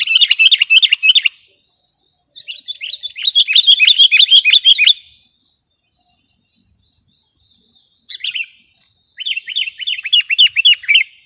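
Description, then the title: Sooty-headed bulbul in loud rapid bursts of down-slurred, bubbly notes, several runs separated by pauses. "kutilang"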